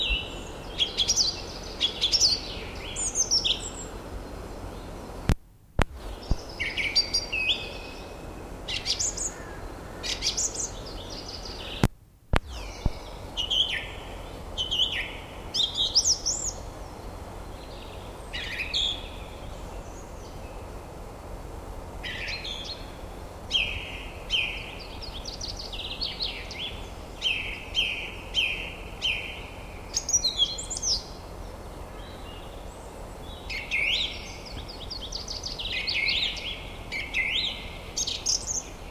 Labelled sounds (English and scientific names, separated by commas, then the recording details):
Song Thrush (Turdus philomelos) song
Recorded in the wild
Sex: male
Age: adult
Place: Marloffstein, NSG "Wildnis am Rathsberg", Bayern, DE
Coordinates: 49.6169, 11.0175
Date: 1962-04-10
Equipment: Stellavox SM 4a ohne Vorverstärker
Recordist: Tretzel, Erwin